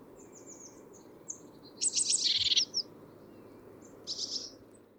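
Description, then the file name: Great tit buzzy chatter, one rapid rasping burst and a shorter one later, over a steady low background rumble. "Parus major"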